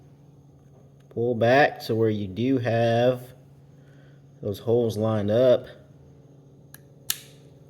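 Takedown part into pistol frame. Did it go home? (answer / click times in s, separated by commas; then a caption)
yes / 7.1 s. Someone talks while reassembling an FN 503 pistol, pulling the metal takedown part back until its holes line up and then pushing it into the pistol frame. A faint tick is heard at about 6.7 s, then a sharp click at 7.1 s as the takedown part seats into the frame.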